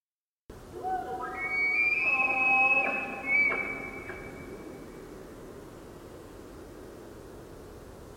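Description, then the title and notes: Roosevelt elk bugle: a low start sweeping up into a long high whistled tone broken by a few grunting pulses, then fading into quiet background hiss. Bugling male in a forest glade on the Olympic Peninsula; recorded with a parabolic microphone, cleaned and processed. "Olympic National Park's "Rainforest Elk""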